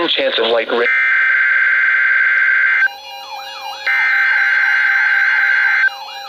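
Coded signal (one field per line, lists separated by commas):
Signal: Emergency Alert System (SAME) tones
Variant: header bursts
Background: speech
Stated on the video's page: Required Weekly Test from NOAA Weather Radio station in Milwaukee, Wisconsin.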